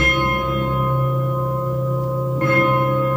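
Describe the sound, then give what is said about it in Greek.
Deep, sustained bell tones from the fifth movement of a symphony ring out over a low orchestral drone, with a fresh bell stroke near the end adding a bright shimmer of overtones. Steady, fairly loud, no voices. “Υπάρχει φανταστική συμφωνία του Μπερλιός που στο πέμπτο μέρος έχει τις καμπάνες. Βάλε τις καμπάνες για να τις ακούσουμε.”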